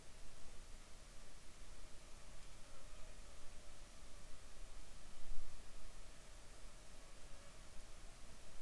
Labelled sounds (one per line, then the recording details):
insects
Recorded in the Arctic National Wildlife Refuge, Alaska, on 7 July 2019 at 19:01
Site 41